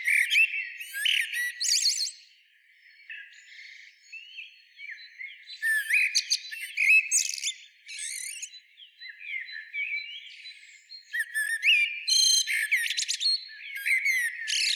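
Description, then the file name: Common blackbird delivering a string of mellow whistled phrases with squeaky, trilling endings, broken by a few quieter pauses. "Turdus merula"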